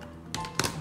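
The magnetic adapter of an SMDV FLIP 44pro / Beauty 20 softbox, made for the Profoto A1X, is brought to the portable flash head and snaps on magnetically. Two sharp clacks are heard at 0.3 s and a louder one at 0.6 s, followed by a smaller rattle just after. The softbox is seated and locked onto the flash.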